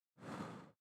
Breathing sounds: one breath near a microphone; exhalation

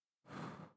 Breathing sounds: one breath near a microphone; exhalation

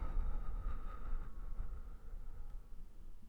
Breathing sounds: one breath near a microphone; exhalation

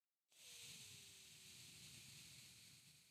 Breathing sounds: one breath near a microphone; exhalation

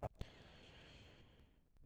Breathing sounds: one breath near a microphone; inhalation

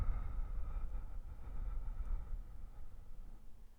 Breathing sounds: one breath near a microphone; exhalation

